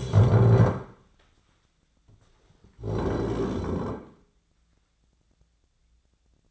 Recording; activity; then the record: daily activity, microphone in the room; stand up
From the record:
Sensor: 3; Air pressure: 1009.2 hPa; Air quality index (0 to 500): 184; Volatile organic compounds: 3 ppm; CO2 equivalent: 1490 ppm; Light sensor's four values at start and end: 49/127/56/56 and 38/98/44/45